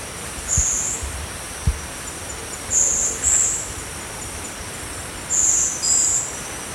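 Midget flowerpecker calls: very high, thin, buzzy notes, one single and then in close pairs, roughly every two to three seconds, over a steady soft hiss.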